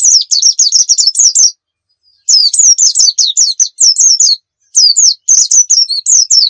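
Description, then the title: White-eye song: lively high warbling of quick slurred chirps in several running phrases with brief gaps between them. Muria-type white-eye in vigorous 'gacor' song, used to train other birds to sing. "Pleci Muria Gacor"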